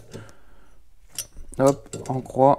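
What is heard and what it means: A torque wrench set to 1.5 tightens the cylinder head stud nuts crosswise on a 1977 Peugeot 103 VS moped engine, retightening them as expected, while someone talks. A sharp click sounds at 1.2 s as the wrench reaches torque on the next nut.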